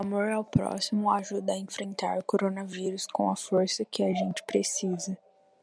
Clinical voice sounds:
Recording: spoken sentence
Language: Brazilian Portuguese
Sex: female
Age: 20 to 29 years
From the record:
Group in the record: control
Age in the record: 20 years

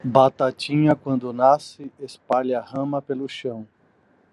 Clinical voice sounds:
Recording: short text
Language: Brazilian Portuguese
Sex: male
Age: 50 to 59 years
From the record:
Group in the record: control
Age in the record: 56 years

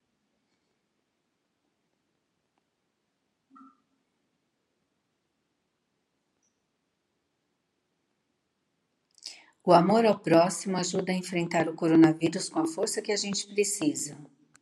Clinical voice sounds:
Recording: spoken sentence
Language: Brazilian Portuguese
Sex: female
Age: 60 to 69 years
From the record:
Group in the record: control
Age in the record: 61 years

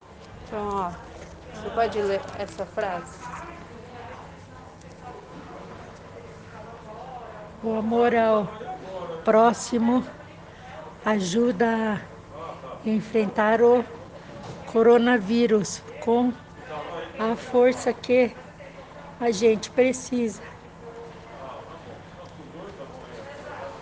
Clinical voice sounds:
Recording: spoken sentence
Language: Brazilian Portuguese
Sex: female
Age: 60 to 69 years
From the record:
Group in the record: respiratory insufficiency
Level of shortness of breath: 5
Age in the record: 62 years

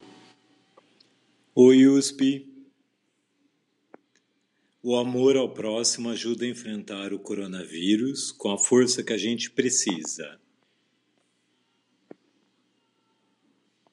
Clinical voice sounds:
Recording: spoken sentence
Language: Brazilian Portuguese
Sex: male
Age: 40 to 49 years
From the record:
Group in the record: control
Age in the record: 40 years

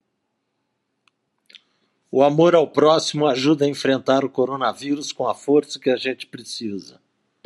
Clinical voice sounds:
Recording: spoken sentence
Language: Brazilian Portuguese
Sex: female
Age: 50 to 59 years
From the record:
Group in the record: control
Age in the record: 57 years

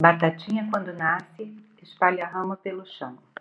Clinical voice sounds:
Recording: short text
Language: Brazilian Portuguese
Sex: female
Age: 50 to 59 years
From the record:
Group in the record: control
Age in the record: 50 years

